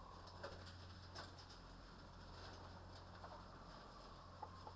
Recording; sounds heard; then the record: poultry house recording; healthy chickens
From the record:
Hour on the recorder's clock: 23